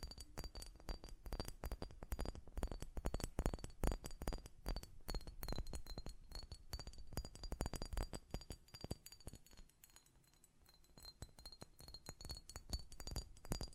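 A glass perfume bottle is tapped and its lid handled in a quick, dense run of sharp clinks that barely let up. A thin ringing tone hangs high above the taps throughout. Around ten seconds the tapping thins and softens briefly before picking up again.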